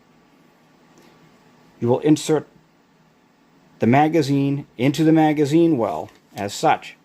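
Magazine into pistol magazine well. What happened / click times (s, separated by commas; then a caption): The part is being handled but has not clicked into place yet / none. A magazine is being inserted into the magazine well of a 9mm pistol while someone talks over a quiet background hum. The magazine is handled but not yet home, and nothing has seated or clicked yet.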